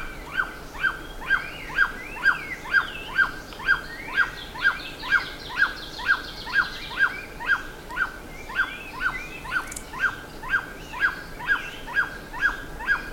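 Bird calling in a steady series, one short sharp note about every half second throughout, with fainter chirps above and a brief high buzz.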